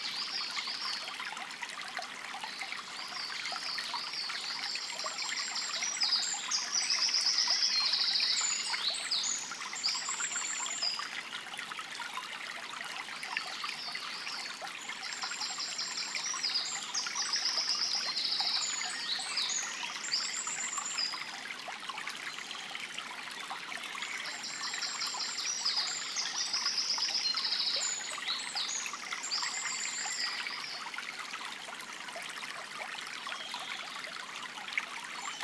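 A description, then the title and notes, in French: A clear river rushes steadily with a bright, hissing flow, while birds sing in high repeated phrases, recurring every several seconds. Une rivière enchantée. Bord de la Loue, Jura. Cette ambiance printanière agréable allie le rythme régulier de la rivière cristalline et le chant des divers oiseaux. L'oiseau principal est le Troglodyte mignon (Troglodytes troglodytes) au chant si dynamique.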